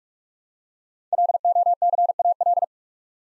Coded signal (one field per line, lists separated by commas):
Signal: Morse code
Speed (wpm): 44 wpm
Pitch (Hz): 700 Hz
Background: none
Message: LOCAL